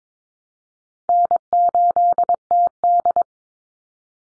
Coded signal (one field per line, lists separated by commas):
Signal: Morse code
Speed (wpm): 22 wpm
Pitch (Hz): 700 Hz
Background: none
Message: N8TD